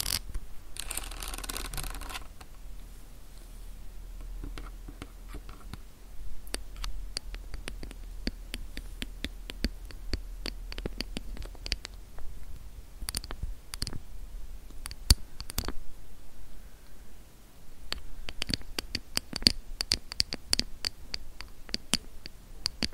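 Tingly lens tapping and camera scratching: a brushy rustle opens, then crisp irregular taps and scrapes click through, clustering near fifteen and twenty seconds.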